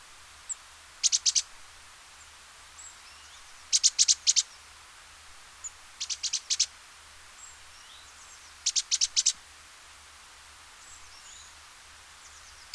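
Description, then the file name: Great tit repeating short phrases of sharp, high double notes about every two to three seconds, four phrases in all, with faint bird chirps around. "Parus major"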